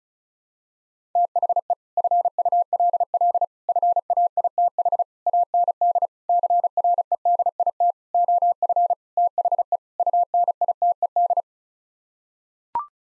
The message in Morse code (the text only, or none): THE FULL FAITH AND CREDIT OF THE UNITED